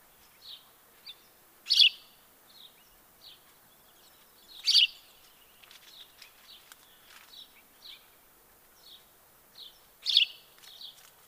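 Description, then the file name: House sparrow giving occasional loud chirps, with softer chirps and twitters scattered between them. "Passer domesticus"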